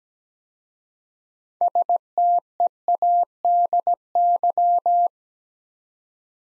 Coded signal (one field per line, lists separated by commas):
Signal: Morse code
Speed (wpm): 17 wpm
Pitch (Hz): 700 Hz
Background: none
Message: STEADY